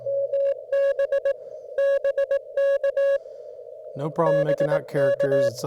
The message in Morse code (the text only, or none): MB BK BK